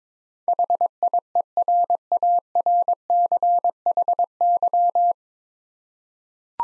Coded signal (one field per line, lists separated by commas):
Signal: Morse code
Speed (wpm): 22 wpm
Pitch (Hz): 700 Hz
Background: none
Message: HIERARCHY